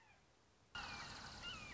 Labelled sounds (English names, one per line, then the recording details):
Red-shouldered Hawk
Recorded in Sonoma County, California